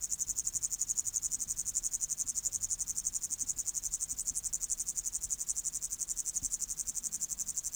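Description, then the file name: Upland green bush-cricket song: a steady, high, rapidly pulsing buzz running throughout, over a quiet low background. "Tettigonia cantans"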